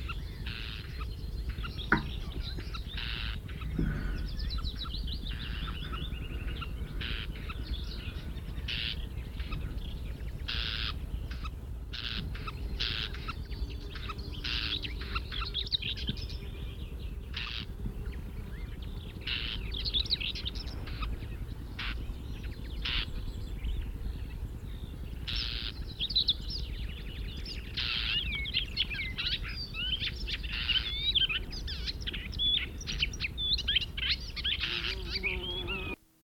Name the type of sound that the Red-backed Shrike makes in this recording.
call